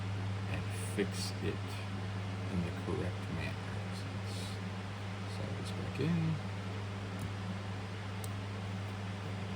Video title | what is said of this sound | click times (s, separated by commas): Can we fix our Check Engine light?!? | heard it lock into place | 8.2 s